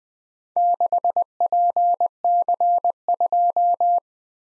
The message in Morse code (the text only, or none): 6PC2